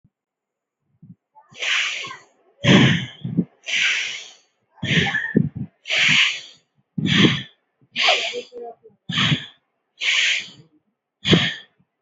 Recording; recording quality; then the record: deep breathing; excellent, no background noise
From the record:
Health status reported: healthy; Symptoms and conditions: none ticked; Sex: male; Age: 26 years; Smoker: not ticked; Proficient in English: yes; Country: India